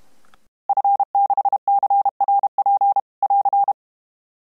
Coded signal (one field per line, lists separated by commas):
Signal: Morse code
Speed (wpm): 31 wpm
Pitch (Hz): 800 Hz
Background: none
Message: F6CRP <AR>